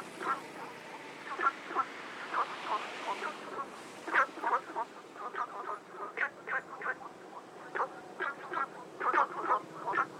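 Frogs giving brief, rough croaks, about three per second, in an irregular, steady stream.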